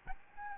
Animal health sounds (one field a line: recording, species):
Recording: mosquito wingbeat signal from an infrared sensor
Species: Aedes albopictus